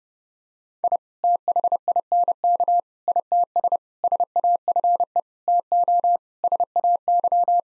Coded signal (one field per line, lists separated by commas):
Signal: Morse code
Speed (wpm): 29 wpm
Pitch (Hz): 700 Hz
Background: none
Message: I THINK ITS SAFE TO SAY